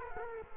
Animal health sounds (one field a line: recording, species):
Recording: mosquito wingbeat signal from an infrared sensor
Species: Culex quinquefasciatus